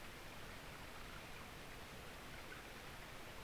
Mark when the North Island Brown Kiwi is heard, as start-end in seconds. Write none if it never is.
none